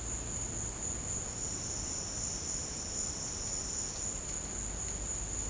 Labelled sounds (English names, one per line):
none